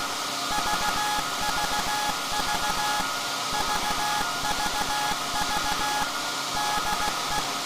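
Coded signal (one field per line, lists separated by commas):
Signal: Morse code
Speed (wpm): 16 wpm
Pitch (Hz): 840 Hz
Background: none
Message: VVV VVV DE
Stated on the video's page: Anniversary Morse transmission from the pre-electronic Alexanderson alternator VLF transmitter SAQ at Grimeton, built 1924, sent live.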